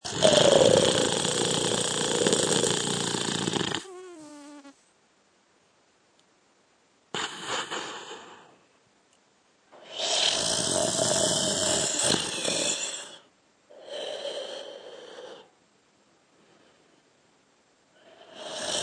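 Loud, harsh, rattling snores from an adult man come in bursts of a few seconds, about 14 breaths a minute, each followed by a quiet pause.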